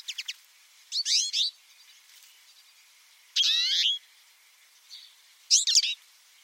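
Bird gives a few quick ticks, then three chirpy, warbling bursts of sweeping high notes spaced irregularly across the recording.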